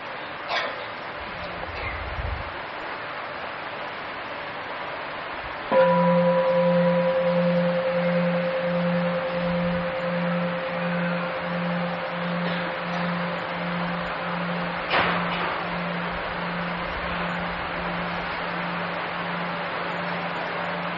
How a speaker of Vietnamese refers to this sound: Thính tiếng chuông để mọi người thở.